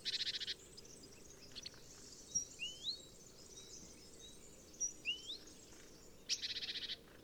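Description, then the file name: Great tit churring calls: a short, dry, buzzy rattle opens and closes the passage, with thin upslurred whistles in between, over steady background hiss. "Parus major"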